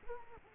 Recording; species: mosquito wingbeat signal from an infrared sensor; Culex quinquefasciatus